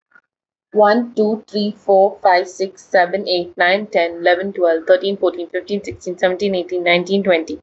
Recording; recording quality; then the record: counting at a fast pace; excellent, no background noise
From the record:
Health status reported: healthy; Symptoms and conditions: none ticked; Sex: female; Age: 26 years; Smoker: yes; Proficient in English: yes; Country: India